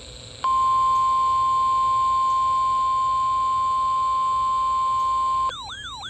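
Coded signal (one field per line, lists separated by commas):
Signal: Emergency Alert System (SAME) tones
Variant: 1050 Hz attention tone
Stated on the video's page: Severe Thunderstorm Warning broadcast on NOAA Weather Radio station WXL70.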